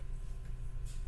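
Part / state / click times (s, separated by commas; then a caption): cable connector into PC component socket / not seated / none. A PC cable connector that may not have been plugged in all the way is handled at its component socket to be reseated, with a steady low hum and faint rustling throughout and a brief soft hiss near 0.9 seconds. Nothing has seated or clicked yet.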